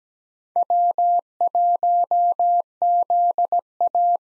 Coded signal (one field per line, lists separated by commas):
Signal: Morse code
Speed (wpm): 17 wpm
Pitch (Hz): 700 Hz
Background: none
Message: W1ZA